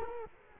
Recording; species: mosquito wingbeat signal from an infrared sensor; Culex quinquefasciatus